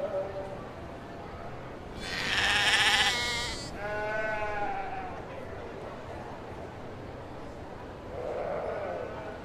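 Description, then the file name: Sheep bleating: a loud harmonic bleat, then a second wavering bleat, and a softer one near the end. "owca"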